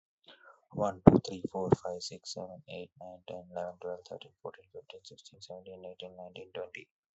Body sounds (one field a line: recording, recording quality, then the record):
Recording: counting at a normal pace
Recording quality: excellent, no background noise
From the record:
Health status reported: healthy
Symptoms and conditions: none ticked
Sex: male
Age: 28 years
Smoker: not ticked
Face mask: not worn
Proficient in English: yes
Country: India